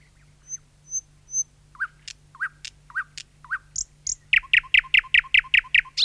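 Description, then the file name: Thrush nightingale song: three thin pure whistles, a run of varied chirps, then a loud fast series of sharp repeated notes. "satakieli"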